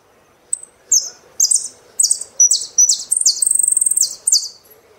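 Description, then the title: Saffron finch singing a lively phrase of high chirps and downward-slurred whistles, building into a rapid trill before a few final notes. "Jilguero Argentino"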